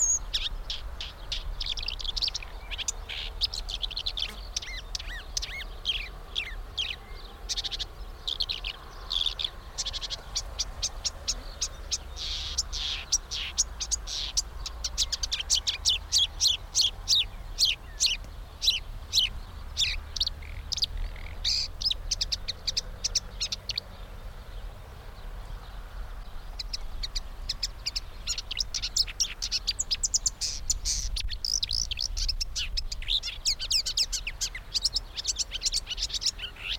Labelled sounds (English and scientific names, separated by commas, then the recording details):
Marsh Warbler (Acrocephalus palustris)
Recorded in the wild
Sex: male
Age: adult
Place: Blankenfelde, Berlin, DE
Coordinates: 52.645, 13.395
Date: 1992-05-30 10:40
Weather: sonnig, 19-23°C, böiger Wind
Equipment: Marantz CP 430, Sennheiser ME 80, K 30 AV, Kopie Tesla B 116
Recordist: Tembrock, Günter